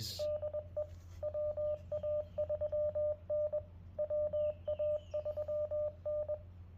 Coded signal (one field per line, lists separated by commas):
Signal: Morse code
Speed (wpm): 21 wpm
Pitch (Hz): 600 Hz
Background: radio noise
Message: DE WA3N WA3N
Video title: US-12071 CW Revisit